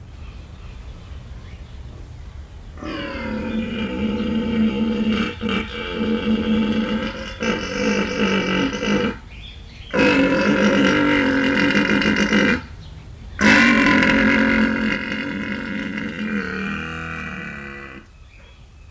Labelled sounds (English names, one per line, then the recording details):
Père David's Deer
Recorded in captivity
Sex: male
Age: adult
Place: Zoo Halle, Sachsen-Anhalt, DE
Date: 1978-07-12 13:45
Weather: sunny, 26°C
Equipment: Uher CR 210, Sennheiser MD 421, Kopie Uher 4200
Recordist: Tembrock, Günter
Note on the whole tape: Brunftrufe, Zahngeräusche, zuerst liegend. Abstand: 8-12 m